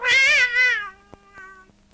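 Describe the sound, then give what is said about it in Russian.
A Siamese cat carried on a person's shoulders lets out one loud, drawn-out meow with a wavering, nasal pitch that slides downward and trails off, followed by a few faint soft clicks. “на плечах у манукяна две шубы и сиамская кошка”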